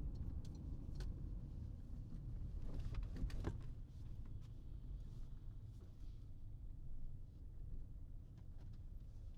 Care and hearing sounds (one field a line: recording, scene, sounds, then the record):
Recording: everyday scene through a hearing-aid microphone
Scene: in a vehicle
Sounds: engine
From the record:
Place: Berlingo II, diesel engine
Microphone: in the ear canal, right